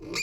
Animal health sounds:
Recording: pig call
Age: weaner (32 to 43 days)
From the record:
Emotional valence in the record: negative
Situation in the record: long isolation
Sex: female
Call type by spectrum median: high-frequency call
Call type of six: mixed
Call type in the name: high-frequency modulated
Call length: 0.23 s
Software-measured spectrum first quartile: 1555 Hz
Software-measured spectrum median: 2793 Hz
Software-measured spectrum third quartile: 5312 Hz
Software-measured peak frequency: 2426 Hz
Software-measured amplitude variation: 96 dB a second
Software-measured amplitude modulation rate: 30.8 a second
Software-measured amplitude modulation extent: 3.1 dB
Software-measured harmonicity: 5.3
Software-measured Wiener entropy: -3.58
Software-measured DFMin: 1434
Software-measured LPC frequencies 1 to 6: 374, 1220, 2223, 2451, 3896, 4681 Hz

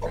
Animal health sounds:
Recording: pig call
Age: piglet (1 to 25 days)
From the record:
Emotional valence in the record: positive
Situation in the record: reunion after long isolation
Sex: male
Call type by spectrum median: low-frequency call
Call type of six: low-frequency tonal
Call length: 0.11 s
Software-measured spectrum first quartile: 69 Hz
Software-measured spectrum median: 404 Hz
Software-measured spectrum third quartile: 638 Hz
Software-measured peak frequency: 483 Hz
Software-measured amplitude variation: 85 dB a second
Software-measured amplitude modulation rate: 13.4 a second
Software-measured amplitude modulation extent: 6.3 dB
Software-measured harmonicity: 2.3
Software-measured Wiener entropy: -0.82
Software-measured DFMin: 978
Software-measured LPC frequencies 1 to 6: 529, 921, 1812, 3375, 3981, 4507 Hz

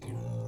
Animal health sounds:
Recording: pig call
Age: weaner (32 to 43 days)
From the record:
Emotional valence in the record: negative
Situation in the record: long isolation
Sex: female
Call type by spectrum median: low-frequency call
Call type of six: low-frequency stable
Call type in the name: low-frequency stable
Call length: 0.48 s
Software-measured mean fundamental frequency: 56 Hz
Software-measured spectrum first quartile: 116 Hz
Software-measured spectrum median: 185 Hz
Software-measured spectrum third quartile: 578 Hz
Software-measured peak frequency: 122 Hz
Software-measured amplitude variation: 106 dB a second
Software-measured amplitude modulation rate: 33.2 a second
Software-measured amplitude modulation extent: 3.2 dB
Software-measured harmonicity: 0.3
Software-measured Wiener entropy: -0.68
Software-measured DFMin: 1101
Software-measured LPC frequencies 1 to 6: 2279, 3570, 6136, 7813, 8883, 9756 Hz

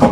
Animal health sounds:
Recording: pig call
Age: growing-finishing pig (85 days or more)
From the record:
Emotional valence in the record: positive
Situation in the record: run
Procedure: transit

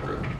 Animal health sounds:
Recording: pig call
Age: growing-finishing pig (85 days or more)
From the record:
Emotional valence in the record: positive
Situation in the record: run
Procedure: transit

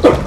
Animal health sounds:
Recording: pig call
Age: growing-finishing pig (85 days or more)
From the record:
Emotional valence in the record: positive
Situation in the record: run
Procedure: transit

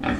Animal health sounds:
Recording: pig call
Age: growing-finishing pig (85 days or more)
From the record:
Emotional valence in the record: negative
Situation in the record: barren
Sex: female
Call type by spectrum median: low-frequency call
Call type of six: low-frequency tonal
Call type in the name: low-frequency modulated, not sure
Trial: 1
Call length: 0.20 s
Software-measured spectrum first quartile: 240 Hz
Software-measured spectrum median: 583 Hz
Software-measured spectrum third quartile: 1403 Hz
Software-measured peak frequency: 268 Hz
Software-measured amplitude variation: 144 dB a second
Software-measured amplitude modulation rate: 24.9 a second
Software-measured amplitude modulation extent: 5.8 dB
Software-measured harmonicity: 0.4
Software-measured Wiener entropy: -1.44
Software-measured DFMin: 503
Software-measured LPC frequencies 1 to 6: 1710, 2451, 3387, 5446, 6087, 7381 Hz

